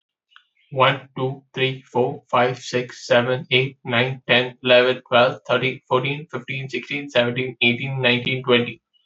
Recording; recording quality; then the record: counting at a fast pace; excellent, no background noise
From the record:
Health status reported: healthy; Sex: male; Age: 21 years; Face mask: not worn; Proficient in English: yes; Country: India